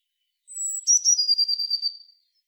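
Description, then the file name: Eurasian blue tit calling with a high, thin whistled note followed by a quick run of pulsed, gradually lowering trill notes, ending after roughly a second and a half. "Cyanistes caeruleus"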